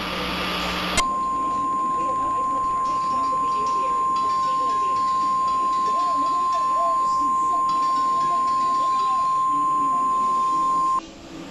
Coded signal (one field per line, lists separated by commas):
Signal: Emergency Alert System (SAME) tones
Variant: 1050 Hz attention tone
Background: speech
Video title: Youtube EAS